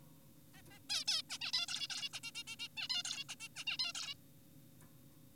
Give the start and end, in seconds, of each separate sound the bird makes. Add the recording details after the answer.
0.55-0.62, 0.71-0.79, 0.90-1.04, 1.08-1.22, 1.30-1.38, 1.41-1.52, 1.54-1.66, 1.68-1.87, 1.90-2.09, 2.14-2.20, 2.24-2.31, 2.35-2.43, 2.47-2.56, 2.60-2.68, 2.77-2.88, 2.90-3.03, 3.05-3.24, 3.29-3.35, 3.40-3.48, 3.56-3.64, 3.67-3.78, 3.79-3.92, 3.95-4.14. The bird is an adult. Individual g4p5U